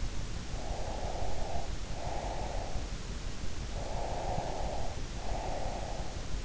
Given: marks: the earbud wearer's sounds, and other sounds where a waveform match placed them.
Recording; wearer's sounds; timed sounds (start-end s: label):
sounds in sleep by an in-ear microphone; breath
0.60-2.92 s: breath
3.70-6.25 s: breath